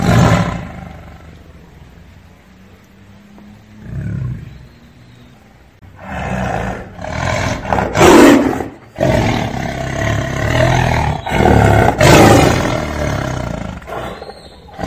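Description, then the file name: Tiger: a quiet opening with faint low rumbling, then a run of loud, harsh roars from about six seconds onward. "Tieng ho gam"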